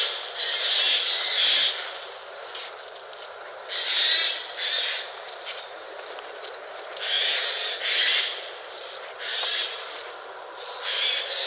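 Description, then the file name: Eurasian jay calls as several harsh, tearing screeches, some doubled, with brief thin whistles in between. "noetteskrike"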